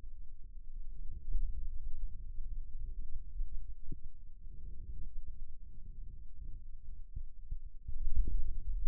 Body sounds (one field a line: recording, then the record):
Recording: forearm muscle sounds (acoustic myography)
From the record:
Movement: pen grasping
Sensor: system 2, bracelet of six BSWA MPA416 microphones around the upper forearm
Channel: 2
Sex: male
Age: 22 years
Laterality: right